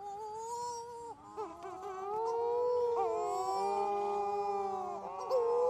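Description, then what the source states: Wedge-tailed shearwaters giving a steady wail that breaks into a tangle of overlapping, wavering moans from several birds. Wedge-tailed shearwaters calling, Western Australia.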